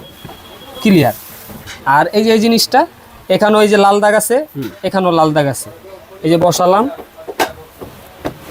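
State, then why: Seated. A Miyako slow juicer's top assembly is lined up by its red marks with the motor base, set in place and twisted until it locks. Someone talks throughout, with a softer knock at 7.3 s and a sharper, louder click at 8.3 s as the top locks onto the base, leaving the juicer set up and ready to run.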